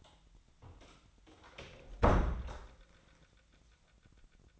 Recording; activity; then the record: daily activity, microphone in the room; close door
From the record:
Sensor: 3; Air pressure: 1009.2 hPa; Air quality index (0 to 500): 197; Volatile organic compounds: 4 ppm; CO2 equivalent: 1587 ppm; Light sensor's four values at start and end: 43/115/50/50 and 43/114/49/49